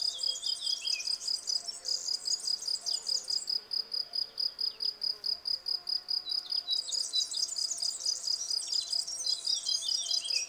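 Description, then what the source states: Field cricket giving rapid repeated chirps while birds sing busily in the background, plus a low steady hum. Several field crickets singing in a garden lawn at Val Maravel on 18 April 2020, for three days; freshly new wings give clear stridulation; Nagra Seven recorder with cardioid MKH40 microphone.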